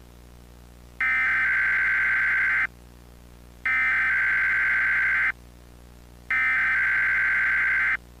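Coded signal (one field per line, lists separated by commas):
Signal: Emergency Alert System (SAME) tones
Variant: header bursts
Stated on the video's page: Mock tropical storm warning, not a real alert.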